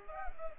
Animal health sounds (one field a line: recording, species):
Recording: mosquito wingbeat signal from an infrared sensor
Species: Culex pipiens